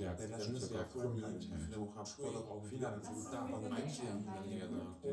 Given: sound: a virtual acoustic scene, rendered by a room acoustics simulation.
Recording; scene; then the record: noise of the scene; living room, symmetric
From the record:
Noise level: 70 dB SPL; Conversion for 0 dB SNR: 6.9 dB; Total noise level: 76.9 dB SPL